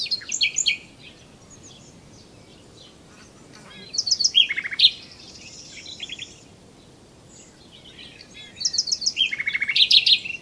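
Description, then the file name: Common nightingale song: three bursts of rapid repeated notes, separated by quieter gaps of a few seconds. "Luscinia megarhynchos"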